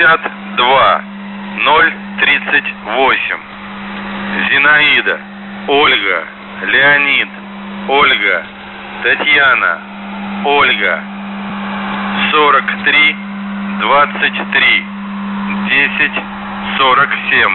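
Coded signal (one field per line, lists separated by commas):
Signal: coded military voice message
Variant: Russian, The Goose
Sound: russian male voice reading phonetic names and numbers over steady low hum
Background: radio hum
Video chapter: 02:36 - Воздух Охват98 6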